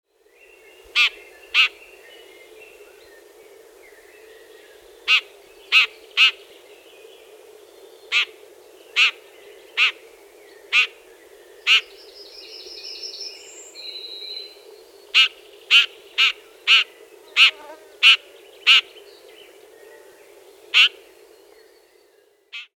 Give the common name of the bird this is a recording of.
Red-backed Shrike